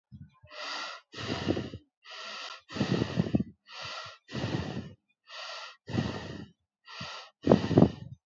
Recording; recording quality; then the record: shallow breathing; excellent, no background noise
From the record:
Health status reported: healthy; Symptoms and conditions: none ticked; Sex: male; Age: 18 years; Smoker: not ticked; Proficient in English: yes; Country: India